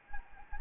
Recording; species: mosquito wingbeat signal from an infrared sensor; Anopheles gambiae